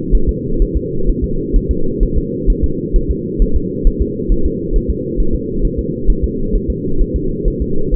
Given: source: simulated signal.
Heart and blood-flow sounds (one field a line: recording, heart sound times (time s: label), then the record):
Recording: fetal heart sounds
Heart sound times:
0.15 s: S1
0.29 s: S2
0.62 s: S1
0.77 s: S2
1.09 s: S1
1.24 s: S2
1.56 s: S1
1.71 s: S2
2.03 s: S1
2.18 s: S2
2.50 s: S1
2.64 s: S2
2.96 s: S1
3.11 s: S2
3.42 s: S1
3.56 s: S2
3.87 s: S1
4.02 s: S2
4.32 s: S1
4.46 s: S2
4.76 s: S1
4.90 s: S2
5.20 s: S1
5.35 s: S2
5.65 s: S1
5.79 s: S2
6.10 s: S1
6.24 s: S2
6.55 s: S1
6.70 s: S2
7.01 s: S1
7.16 s: S2
7.48 s: S1
7.62 s: S2
7.94 s: S1
From the record:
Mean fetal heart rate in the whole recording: 130 bpm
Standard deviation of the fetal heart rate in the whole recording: 2 bpm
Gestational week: 38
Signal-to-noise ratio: -8.1 dB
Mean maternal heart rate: 72 bpm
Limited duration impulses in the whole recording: absent